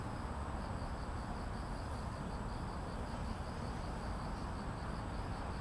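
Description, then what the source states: Cricket song heard as a continuous high beaded trill at a steady rate, over a dense, unchanging roar of passing vehicles. Evening at Banpo Jugong Apartment Complex 1, Banpo-bon-dong, Seocho-gu, Seoul, South Korea; grass insects with street traffic.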